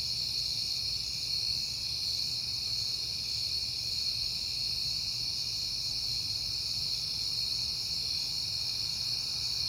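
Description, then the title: Crickets trilling in a continuous, layered high chorus with a steady low hum underneath. Crickets at night in September, on a peaceful night. "Night Time: Crickets and Passing Cars"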